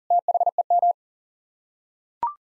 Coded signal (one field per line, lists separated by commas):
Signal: Morse code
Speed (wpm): 37 wpm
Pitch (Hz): 700 Hz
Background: none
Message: THEM